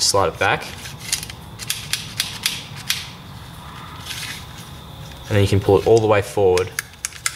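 The blade slide of a homemade hidden-blade prop is slid back in its frame and then pulled forward toward its locking position while someone talks. A series of sharp, short hits and light scraping sounds is heard as it moves. The slide has not locked into place yet.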